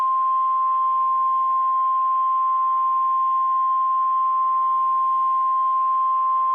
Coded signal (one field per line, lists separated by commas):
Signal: Emergency Alert System (SAME) tones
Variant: 1050 Hz attention tone